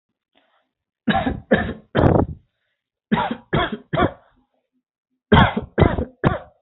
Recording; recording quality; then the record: heavy voluntary cough; excellent, no background noise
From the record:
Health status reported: healthy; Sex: male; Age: 30 years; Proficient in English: yes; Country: India